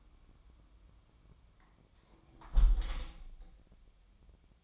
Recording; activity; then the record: daily activity, microphone in the room; close window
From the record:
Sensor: 1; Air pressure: 1006.4 hPa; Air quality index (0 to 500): 208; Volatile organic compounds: 23 ppm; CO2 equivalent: 2795 ppm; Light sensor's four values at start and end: 12/31/12/14 and 12/31/12/13